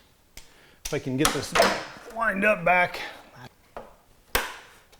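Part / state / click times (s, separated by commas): quarter-turn fastener securing a carbon fiber motorcycle fairing / seated / 4.4 s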